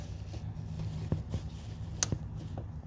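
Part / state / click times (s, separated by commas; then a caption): bumper wiring harness pigtail connector into the vehicle body harness plug / seated / 2.0 s. On a Volvo XC60, a hand reaches through the passenger-side front wheel liner and pushes the main front bumper electrical pigtail harness connector into its mating body harness plug. Over low background noise and a few faint taps, a sharp, bright click is heard at 2.0 seconds, showing the connector has seated and is in place.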